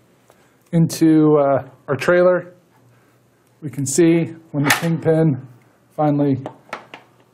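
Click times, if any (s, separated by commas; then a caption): 6.7 s, 6.9 s. A model kingpin is pushed back into the steel jaws of a Curt A20 5th wheel trailer hitch for Chevy/GMC with the Towing Prep Package, and the jaws close and lock around it. Someone talks through most of the clip. Two sharp metallic hits at 6.7 s and 6.9 s mark the kingpin seating as the jaws lock into place.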